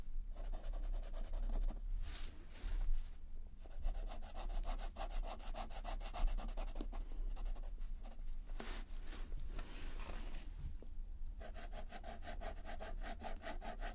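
Colouring pencils scratch steadily across paper in a dense run of fast back-and-forth strokes. The rubbing texture is continuous and fairly bright, with short pauses and louder bursts around two, three, six and ten seconds, over a low steady hum.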